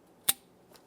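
A plastic locking clip is slid back into the mounting groove of the lower coolant hose fitting while replacing the coolant reservoir on a 2015-2020 Ford F-150 3.5L V6. A sharp, bright click sounds at 0.3 s, followed by a much fainter tick at 0.8 s. The clip is seated properly all the way around.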